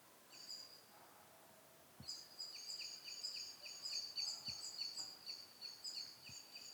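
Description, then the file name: Eurasian blackbird calling in a fast run of sharp, metallic notes that starts after a faint short opening burst, over steady background hiss with a few low thumps. "Turdus merula"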